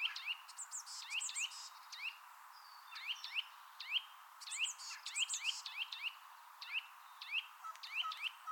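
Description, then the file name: Eurasian nuthatch giving repeated rising whistled notes in irregular bursts, mixed with busier high chirping throughout. "Sitta europaea"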